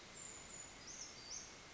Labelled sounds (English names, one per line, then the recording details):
Brown Creeper
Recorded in Sonoma County, California